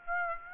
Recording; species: mosquito wingbeat signal from an infrared sensor; Aedes aegypti